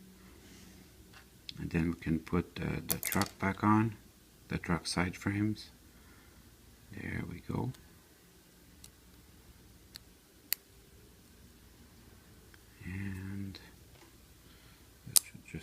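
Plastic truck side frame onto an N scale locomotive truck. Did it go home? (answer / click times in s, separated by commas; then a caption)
yes / 10.5 s, 15.2 s. Plastic truck side frames are pressed back onto the truck of an N scale Kato Pennsylvania U30C model locomotive during cleaning, and they snap into place. Someone talks in between, and sharp clicks are heard at 10.5 and 15.2 seconds as the side frames seat.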